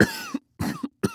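Three short coughs in quick succession from an adult man.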